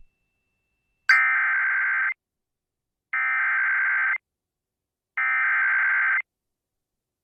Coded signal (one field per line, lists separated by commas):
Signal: Emergency Alert System (SAME) tones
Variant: header bursts